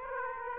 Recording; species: mosquito wingbeat signal from an infrared sensor; Aedes aegypti